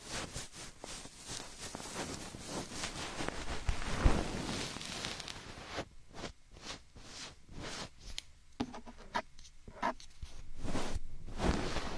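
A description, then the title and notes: Binaural ear picking and massage, heard as dense scratching, rustling strokes that fill the first six seconds almost without pause. After that the sound breaks into separate brushing swipes and soft scrapes, coming about once or twice a second, with brief quiet gaps between. Binaural ear picking, ear massage, spa ear picking.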